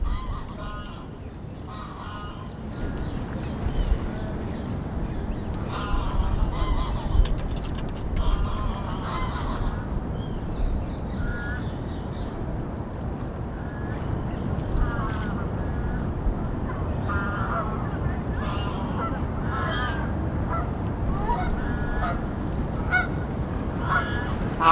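Geese honk and squabble in short, frequent bursts over a steady low rumble of city traffic, with other birds calling throughout a busy park lake.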